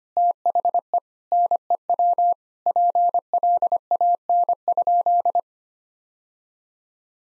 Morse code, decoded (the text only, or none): THE NEW PLAN?